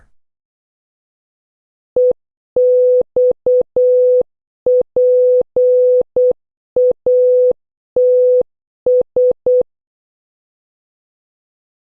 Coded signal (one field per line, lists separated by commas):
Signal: Morse code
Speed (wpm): 8 wpm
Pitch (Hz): 500 Hz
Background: none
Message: EXPATS